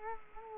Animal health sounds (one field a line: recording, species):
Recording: mosquito wingbeat signal from an infrared sensor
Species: Culex quinquefasciatus